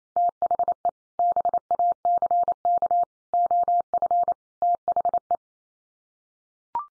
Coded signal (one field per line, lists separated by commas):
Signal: Morse code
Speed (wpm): 28 wpm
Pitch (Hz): 700 Hz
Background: none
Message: THE BACK OF THE